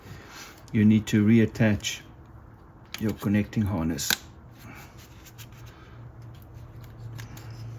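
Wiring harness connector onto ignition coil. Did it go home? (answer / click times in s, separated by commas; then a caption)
yes / 7.2 s. Someone talks while an ignition coil wiring harness connector is pushed firmly onto the coil on a 2006–2012 Nissan Versa during a spark plug replacement. After quieter handling noises, the connector clicks into place at 7.2 seconds, seating it.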